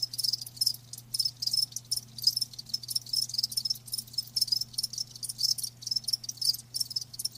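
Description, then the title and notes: Crickets chirping in quick high pulses, with a constant low hum underneath. Live crickets chirping. "Live Crickets Chirping. RainManCJ"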